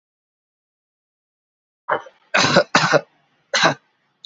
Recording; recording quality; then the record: shallow voluntary cough; excellent, no background noise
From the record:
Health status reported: exposed to COVID-19, no respiratory illness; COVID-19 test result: not tested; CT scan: not taken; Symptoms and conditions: none ticked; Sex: male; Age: 24 years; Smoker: no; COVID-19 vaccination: both doses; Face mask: worn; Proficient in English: yes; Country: India